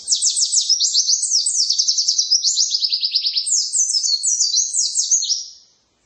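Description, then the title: White-eye song, a continuous fast high warble of slurred chirping notes lasting over five seconds before fading to silence. "pleci"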